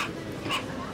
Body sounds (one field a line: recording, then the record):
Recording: coughing mixed with background sound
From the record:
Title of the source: 64 coughing, allergies, singing lungs